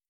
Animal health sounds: hydrophone in a shrimp aquaculture tank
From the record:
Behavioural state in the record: starved

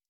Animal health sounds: hydrophone in a shrimp aquaculture tank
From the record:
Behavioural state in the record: stressed

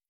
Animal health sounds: hydrophone in a shrimp aquaculture tank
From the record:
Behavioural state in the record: stressed

